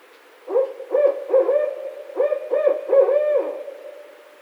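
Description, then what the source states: Barred owl giving a full hooting sequence, two quick groups of low hoots, the last note drawn out and falling away. Recorded 16 March 2011.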